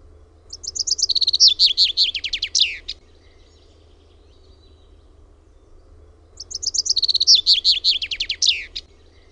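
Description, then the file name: Common chaffinch song: two bright descending trills, each speeding into a rattling run and ending in a sharp flourish, about six seconds apart; quiet low hum beneath. "PEIPPO"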